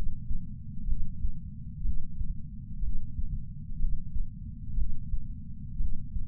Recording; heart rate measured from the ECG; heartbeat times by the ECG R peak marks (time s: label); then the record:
heart sounds by patch sensor on the chest; 61 bpm
0.86 s: heartbeat
1.82 s: heartbeat
2.81 s: heartbeat
3.78 s: heartbeat
4.75 s: heartbeat
5.78 s: heartbeat
From the record:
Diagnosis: coronary artery disease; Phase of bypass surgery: preoperative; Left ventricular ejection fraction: 47%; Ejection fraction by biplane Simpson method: 47.3%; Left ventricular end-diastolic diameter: 51 mm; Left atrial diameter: 32 mm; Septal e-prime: 4.7 cm/s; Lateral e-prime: 7 cm/s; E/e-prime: 9.1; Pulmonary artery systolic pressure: 21 mmHg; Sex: male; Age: 60 years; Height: 174 cm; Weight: 72 kg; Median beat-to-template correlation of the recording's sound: 0.91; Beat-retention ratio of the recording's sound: 0.98